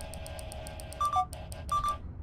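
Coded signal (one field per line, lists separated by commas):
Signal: none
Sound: game music beeps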